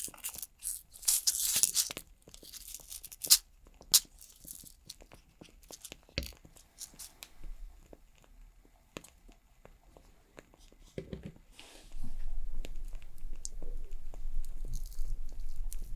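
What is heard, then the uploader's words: Nails being done alongside a crackling fire: sharp clicks and small taps pop irregularly throughout, with a bright, scratchy hiss around the first two seconds. After a dull thump near 11 seconds, a steady low rumble fills the last few seconds beneath continued crackles. Doing My Nails For Christmas｜With Crackling Fire Sounds (No Talking).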